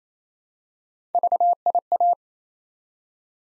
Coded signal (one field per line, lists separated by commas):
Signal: Morse code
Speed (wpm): 27 wpm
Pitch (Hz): 700 Hz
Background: none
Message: VIA